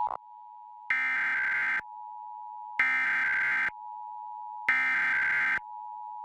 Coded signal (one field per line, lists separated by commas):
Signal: Emergency Alert System (SAME) tones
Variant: header bursts